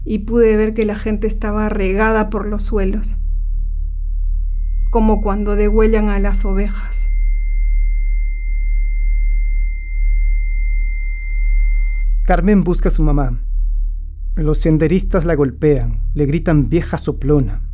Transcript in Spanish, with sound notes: Y pude ver que la gente estaba regada por los suelos, como cuando degüellan a las ovejas.
[Sonido de tinitus] Carmen busca a su mamá. Los senderistas la golpean, le gritan “Vieja soplona”.